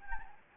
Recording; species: mosquito wingbeat signal from an infrared sensor; Anopheles gambiae